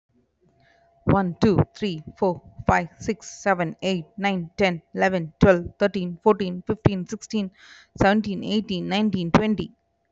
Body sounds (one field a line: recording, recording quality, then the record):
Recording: counting at a fast pace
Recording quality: poor, much background noise or distortion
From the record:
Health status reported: respiratory illness, not identified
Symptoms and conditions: diabetes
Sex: female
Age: 32 years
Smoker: not ticked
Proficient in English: yes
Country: India